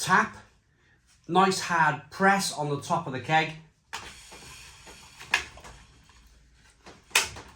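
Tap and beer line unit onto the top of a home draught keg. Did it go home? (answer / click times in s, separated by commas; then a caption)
yes / 7.2 s. Someone talks, then a plastic tap and beer-line unit is pressed firmly down onto the top of a home draught keg of Stella Artois Unfiltered for a Philips Perfect Draft machine, with handling knocks along the way. A sharp click at 7.2 s marks the tap locking into place, and it is confirmed fitted.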